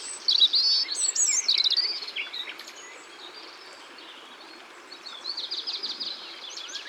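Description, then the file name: Common nightingale song opens with loud, fast twittering phrases, goes quiet, then resumes with softer rapid notes. Ardèche. "Rossignol-Philomele-Concerts-Naturels-De-l Ardeche"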